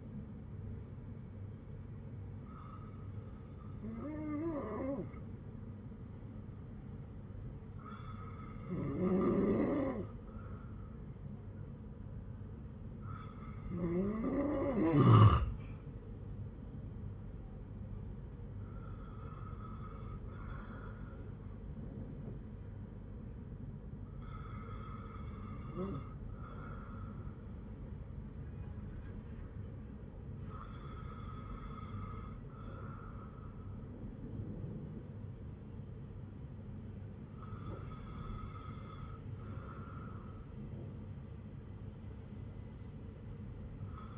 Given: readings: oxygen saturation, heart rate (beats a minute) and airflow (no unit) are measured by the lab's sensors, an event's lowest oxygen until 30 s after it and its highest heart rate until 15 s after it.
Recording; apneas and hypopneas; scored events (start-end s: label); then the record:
breathing in sleep by a smartphone at the bedside; none
none scored
From the record:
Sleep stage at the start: N2 (light sleep); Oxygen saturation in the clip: 94 to 96%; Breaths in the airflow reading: 7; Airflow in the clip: -6.5 to 6.4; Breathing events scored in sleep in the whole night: 182 in 7.4 hours asleep